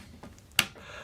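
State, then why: Seated. A loaded pellet magazine is slid into the breech of an Air Arms S510 TR air rifle from the left while the side lever is held back. Faint soft ticks and a brief rub are heard around 0.2–0.5 s, then one sharp metallic click at 0.6 s as the magazine locks into position.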